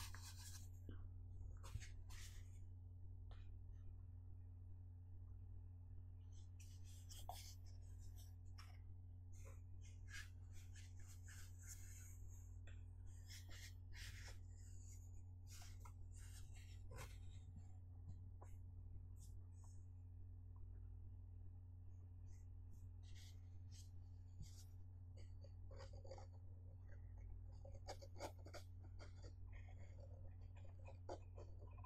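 Light tapping on a box comes in scattered clusters of short, sharp clicks, busiest from around 7 to 17 seconds and again near 26 to 30 seconds. A steady low hum sits underneath the whole time at an even level.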